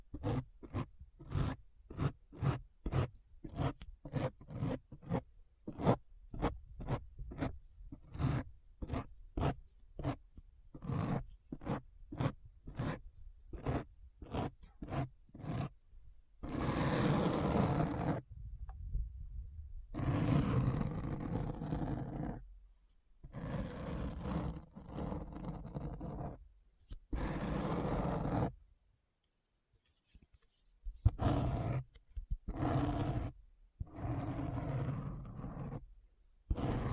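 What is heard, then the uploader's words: Deep, rough scratching sounds fill the recording. For the first fifteen seconds they come as quick, regular strokes with short gaps, then they turn into longer dragging scrapes lasting several seconds each, broken by abrupt silences. The texture is coarse and bottom-heavy. ASMR Deep Brain Scratch (No Talking).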